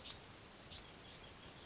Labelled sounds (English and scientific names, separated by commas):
Bewick's Wren (Thryomanes bewickii)